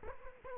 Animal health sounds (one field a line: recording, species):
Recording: mosquito wingbeat signal from an infrared sensor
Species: Culex quinquefasciatus